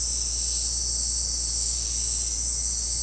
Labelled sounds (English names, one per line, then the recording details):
none
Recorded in secondary vegetation near Puerto Asís, Putumayo, Colombia, on 9 March 2025 at 17:30
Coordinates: 0.484, -76.319
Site G010